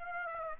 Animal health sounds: mosquito wingbeat signal from an infrared sensor; Aedes aegypti

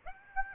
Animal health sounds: mosquito wingbeat signal from an infrared sensor; Aedes aegypti

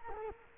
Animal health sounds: mosquito wingbeat signal from an infrared sensor; Culex quinquefasciatus

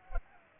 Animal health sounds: mosquito wingbeat signal from an infrared sensor; Culex pipiens

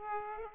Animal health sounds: mosquito wingbeat signal from an infrared sensor; Aedes aegypti

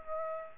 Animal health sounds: mosquito wingbeat signal from an infrared sensor; Aedes aegypti

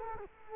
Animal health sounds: mosquito wingbeat signal from an infrared sensor; Culex quinquefasciatus

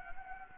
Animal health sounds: mosquito wingbeat signal from an infrared sensor; Anopheles gambiae

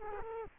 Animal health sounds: mosquito wingbeat signal from an infrared sensor; Culex quinquefasciatus

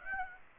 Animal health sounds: mosquito wingbeat signal from an infrared sensor; Aedes aegypti

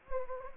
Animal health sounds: mosquito wingbeat signal from an infrared sensor; Anopheles gambiae

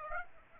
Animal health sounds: mosquito wingbeat signal from an infrared sensor; Aedes aegypti

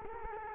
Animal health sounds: mosquito wingbeat signal from an infrared sensor; Culex quinquefasciatus

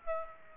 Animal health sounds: mosquito wingbeat signal from an infrared sensor; Aedes aegypti

